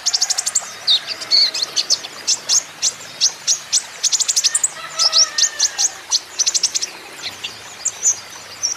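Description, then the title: Van Hasselt's sunbird pouring out rapid, high, needle-thin chips in dense bursts, with soft lower whistles heard faintly behind. Caged birds, called konin ijoan or kolibri ninja; energetic singing (gacor) used as lure and therapy so untrained konin birds answer. "KOLIBRI NINJA KONIN IJOAN GACOR COCOK UNTUK PANCINGAN TERAPI KONIN BAHAN PASTI NYAUT"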